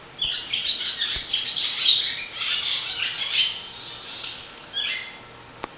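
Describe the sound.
Swallow twittering: busy, high chirping chatter that slowly thins out, with a few sharp clicks heard near the start and end.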